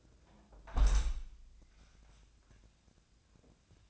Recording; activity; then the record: daily activity, microphone in the room; close window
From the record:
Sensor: 2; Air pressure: 1012.2 hPa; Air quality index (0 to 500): 113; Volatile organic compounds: 1 ppm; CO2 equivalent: 846 ppm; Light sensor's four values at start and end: 112/267/111/110 and 113/269/111/110